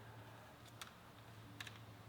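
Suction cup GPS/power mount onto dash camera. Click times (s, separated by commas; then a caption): 1.6 s, 1.7 s. A suction-cup mount that also carries the GPS and power is slid onto the front of a plastic dash camera body for the B48 car dash cam. A faint tick comes at 0.8 s, then a sharp double click at 1.6 and 1.7 s as the mount latches and is seated.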